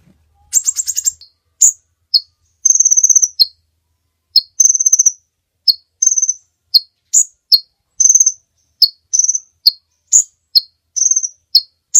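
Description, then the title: Bird song of sharp high chirps alternating with rapid buzzy rattles in quick, uneven bursts throughout. Master recording used for training songbirds. "Master Burung Jos"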